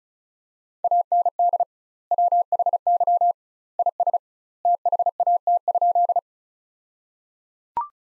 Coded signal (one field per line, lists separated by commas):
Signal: Morse code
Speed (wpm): 36 wpm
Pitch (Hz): 700 Hz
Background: none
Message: AND WHY IS THAT?